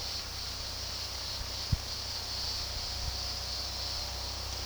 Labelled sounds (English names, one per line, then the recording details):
none
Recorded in pastures near Puerto Asís, Putumayo, Colombia, on 21 February 2024 at 13:30
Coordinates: 0.486, -76.323
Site G6462